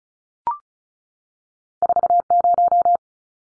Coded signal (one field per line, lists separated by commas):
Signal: Morse code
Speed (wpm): 34 wpm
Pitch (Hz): 700 Hz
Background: none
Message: 40